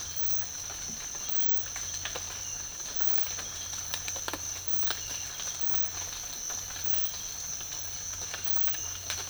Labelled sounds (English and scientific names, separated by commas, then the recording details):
none
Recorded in dense forest near Puerto Asís, Putumayo, Colombia, on 12 March 2025 at 06:30
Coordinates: 0.484, -76.325
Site G045